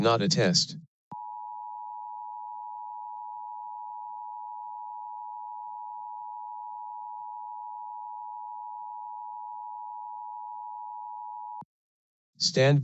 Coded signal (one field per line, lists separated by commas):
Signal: Emergency Alert System (SAME) tones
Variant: 853 and 960 Hz attention tone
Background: speech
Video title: SPECIAL EDITION: DX Central Live | 720- KWDN-NV "Going Dark" DX Test | Wednesday, March 1, 2023